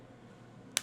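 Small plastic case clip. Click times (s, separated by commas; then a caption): 0.8 s. After the coin battery is swapped in a Hyundai smart key fob, the two plastic halves of the fob case are pressed together, and the last stubborn side is pushed down onto the fob body. Over a faint low background hum, a single sharp, bright click sounds at 0.8 s as the case snaps fully shut and seats.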